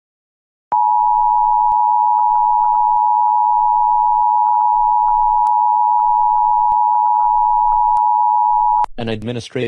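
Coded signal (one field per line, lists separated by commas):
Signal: Emergency Alert System (SAME) tones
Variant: 853 and 960 Hz attention tone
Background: speech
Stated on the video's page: Fictional EAS scenario.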